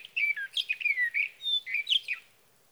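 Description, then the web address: Sage thrasher song, a brief burst of warbling with a few clear downslurred whistles, ending after about two seconds. "birdsongforthecurious Sage Thrasher"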